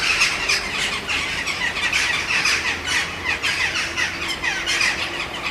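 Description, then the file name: Eurasian jackdaws chattering, a steady run of clipped, squeaky-harsh notes, rising and falling in loudness throughout. "kawki"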